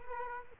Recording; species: mosquito wingbeat signal from an infrared sensor; Culex quinquefasciatus